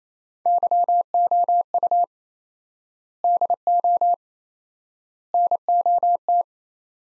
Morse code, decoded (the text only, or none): YOU DO NOT